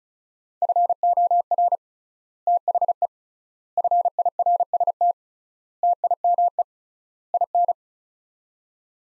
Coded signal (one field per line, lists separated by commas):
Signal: Morse code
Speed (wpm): 36 wpm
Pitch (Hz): 700 Hz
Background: none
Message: FOR THE FIRST TIME IN